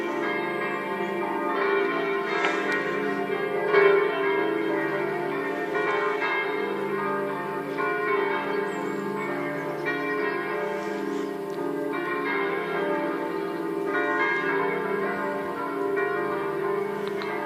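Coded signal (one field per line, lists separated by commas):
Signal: bell signal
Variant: distesa, five swinging bells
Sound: several large church bells swinging freely, continuous overlapping clangs ringing together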